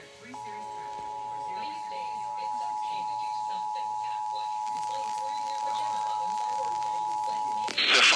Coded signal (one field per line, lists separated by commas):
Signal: Emergency Alert System (SAME) tones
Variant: 853 and 960 Hz attention tone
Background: speech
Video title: (EAS #174-177) South Carolina AMBER Alert (2/9/2021)